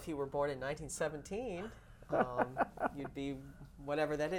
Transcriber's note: she laughs